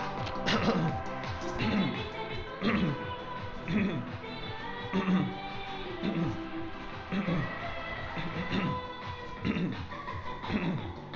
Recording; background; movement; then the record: throat clearing; music; walking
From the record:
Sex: male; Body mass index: 22.0 kg/m2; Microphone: on the chest, facing outward